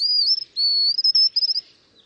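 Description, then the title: White-naped xenopsaris uttering a thin, sustained high whistle that rises gently, broken into a few slurred segments before trailing off. "LuckyPassaro Completos2Sama. White-naped Xenopsaris (Xenopsaris albinucha)"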